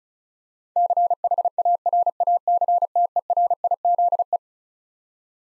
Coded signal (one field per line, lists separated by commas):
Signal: Morse code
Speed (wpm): 36 wpm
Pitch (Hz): 700 Hz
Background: none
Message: CHARACTERIZE